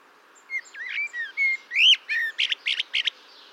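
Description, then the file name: Common blackbird singing clear whistled notes that rise into a loud upslurred note, then a quick run of high, squeaky twittering notes. "Turdus merula"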